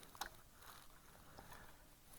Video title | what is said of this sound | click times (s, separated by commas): WeCreat Vista Series - Program 4 - 2W IR Attachment - Unbox and Install | all right it's in it's clicked | 0.2 s